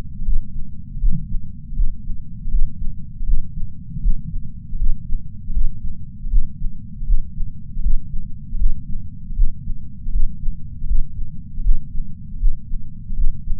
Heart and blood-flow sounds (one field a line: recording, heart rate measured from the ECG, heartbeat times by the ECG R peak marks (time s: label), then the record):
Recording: heart sounds by patch sensor on the chest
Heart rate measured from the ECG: 79 bpm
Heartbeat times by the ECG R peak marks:
0.21 s: heartbeat
0.96 s: heartbeat
1.72 s: heartbeat
2.46 s: heartbeat
3.22 s: heartbeat
3.98 s: heartbeat
4.74 s: heartbeat
5.49 s: heartbeat
6.26 s: heartbeat
7.02 s: heartbeat
7.78 s: heartbeat
8.54 s: heartbeat
9.31 s: heartbeat
10.08 s: heartbeat
10.83 s: heartbeat
11.59 s: heartbeat
12.35 s: heartbeat
13.12 s: heartbeat
From the record:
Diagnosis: coronary artery disease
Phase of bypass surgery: intraoperative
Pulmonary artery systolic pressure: 21 mmHg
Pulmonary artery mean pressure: 15 mmHg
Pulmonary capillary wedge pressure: 10 mmHg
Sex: male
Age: 65 years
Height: 170 cm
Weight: 65 kg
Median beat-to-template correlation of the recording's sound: 0.94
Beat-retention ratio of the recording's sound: 0.99